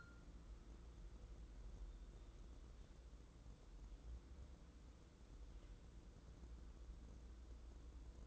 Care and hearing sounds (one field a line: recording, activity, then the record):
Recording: daily activity, microphone in the room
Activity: wipe stove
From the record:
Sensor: 3